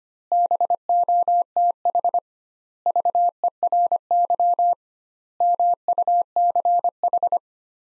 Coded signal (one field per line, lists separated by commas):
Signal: Morse code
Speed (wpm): 25 wpm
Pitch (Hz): 700 Hz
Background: none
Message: BOTH VERY MUCH